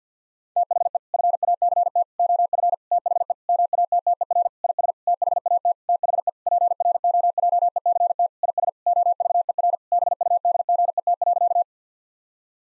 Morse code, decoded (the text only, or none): THE FACT OF THE MATTER IS THAT THE PROJECT IS OVER BUDGET.